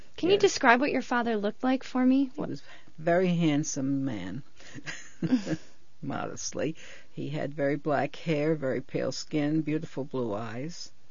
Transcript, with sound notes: Can you describe what your father looked like for me?
He was a very handsome man. ( she laughs ) Modestly. He had very black hair, very pale skin, beautiful blue eyes,